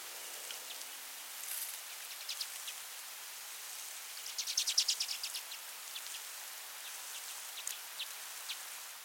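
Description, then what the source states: Common redpoll calls, quick buzzy chattering notes in short bursts, strongest in a rapid run midway, over a steady hissing background. Nominate subspecies Carduelis flammea flammea.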